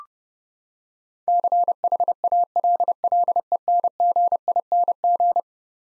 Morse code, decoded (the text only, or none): CHALLENGING